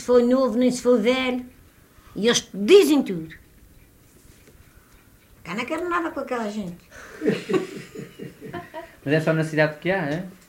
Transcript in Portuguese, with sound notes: nem se foi novo, nem se foi velho. E eles dizem tudo! [pausa] Eu não quero nada com aquela gente.
Mas é só na cidade que há, é?